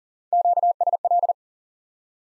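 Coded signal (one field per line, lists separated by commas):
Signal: Morse code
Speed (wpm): 39 wpm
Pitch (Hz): 700 Hz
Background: none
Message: QSL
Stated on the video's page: High-speed (QRQ) Morse drill of single common QSO elements for instant word recognition.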